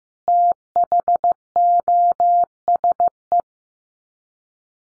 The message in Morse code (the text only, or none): THOSE